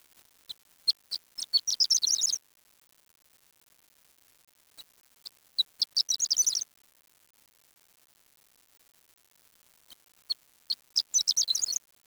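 Bird giving a high, fast twittering phrase that speeds into a dense chattering trill, repeated three times about four to five seconds apart.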